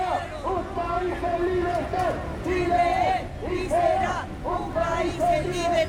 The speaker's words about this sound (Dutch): Chile is en zal blijven een vrij land. Dat roepen ze.